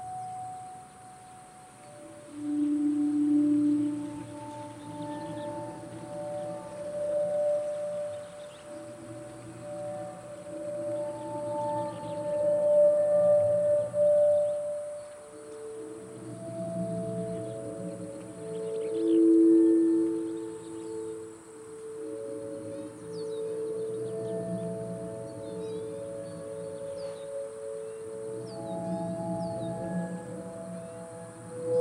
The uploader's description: Patagonia Lake State Park in SE Arizona